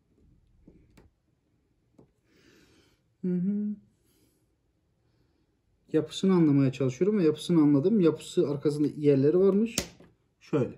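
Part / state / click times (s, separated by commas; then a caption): thumbstick cap onto game controller stick / not seated / none. Someone repeatedly fumbles a plastic thumbstick cap onto the stick of a DualSense Edge game controller, making several small, faint knocks in the first few seconds, the sharpest near 1.0 s. Someone then talks at length. The cap has not seated or clicked yet.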